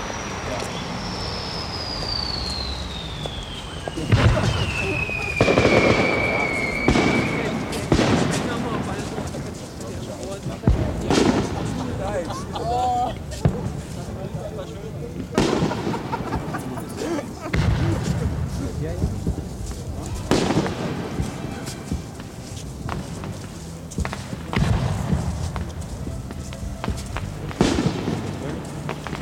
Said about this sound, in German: Was ist denn für ein Artifice? Das ist doch ein Feuerwerk.